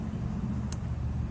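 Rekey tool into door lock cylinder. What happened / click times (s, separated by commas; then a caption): The metal tool clicked home in the lock cylinder / 0.7 s. With the working key turned 90 degrees in a Kwikset Smartkey door lock cylinder, a metal rekey tool is pushed into the cylinder's slot until it seats. Over a steady low background hum, a short, faint click at 0.7 s marks the tool seating in the cylinder.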